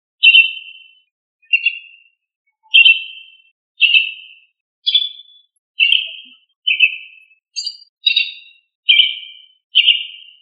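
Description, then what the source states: Thrush giving clear whistled notes repeated about once a second, eleven in all, some pitched higher, over a silent background. Thrush family Turdidae, given by the local name sabiá.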